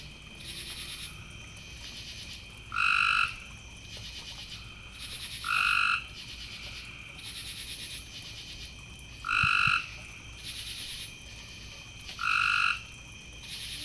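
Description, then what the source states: Frog calling four times with short, even tones spaced a few seconds apart, while a fainter rhythmic high-pitched chorus pulses in the background. Several frogs, recorded in the evening.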